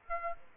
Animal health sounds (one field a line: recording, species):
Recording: mosquito wingbeat signal from an infrared sensor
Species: Aedes aegypti